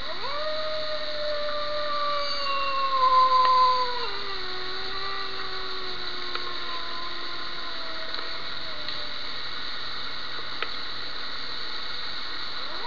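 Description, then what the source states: Wolf howl: one long, smooth, tonal cry that rises briefly at the start, drops a step, then slides slowly downward before fading. A single lone wolf.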